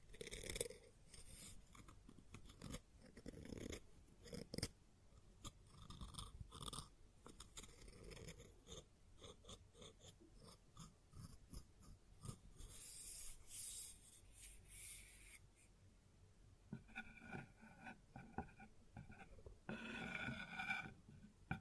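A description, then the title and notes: Sounds on a wooden surface: a busy run of scrapes, rubs and taps, packed tightly through the first fifteen seconds with a few fuller knocks early on. Later the activity thins into brighter, scratchier strokes with short pauses, ending in a dense rasping burst. ASMR Sounds on Wooden Surface (No Talking).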